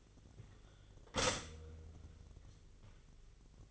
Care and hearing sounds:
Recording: daily activity, microphone in the room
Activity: stop toaster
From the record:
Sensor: 4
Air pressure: 1002.9 hPa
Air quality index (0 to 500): 238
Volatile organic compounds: 17 ppm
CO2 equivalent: 2580 ppm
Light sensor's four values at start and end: 22/74/27/28 and 21/72/27/27

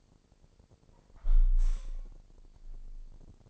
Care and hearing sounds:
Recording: daily activity, microphone in the room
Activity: close window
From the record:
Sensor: 5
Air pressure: 999.9 hPa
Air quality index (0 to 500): 246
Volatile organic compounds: 33 ppm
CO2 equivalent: 3018 ppm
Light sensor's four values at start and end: 34/80/32/31 and 34/80/32/30

